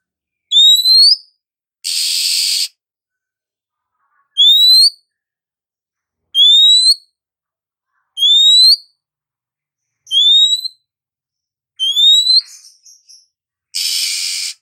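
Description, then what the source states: Oriental magpie-robin giving several sharp upslurred whistles, with two loud rasping noise bursts. Female; therapy sound played to make a magpie-robin sing.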